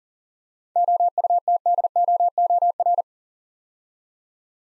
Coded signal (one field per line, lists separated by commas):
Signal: Morse code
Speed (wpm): 37 wpm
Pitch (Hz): 700 Hz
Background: none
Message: OUTDOOR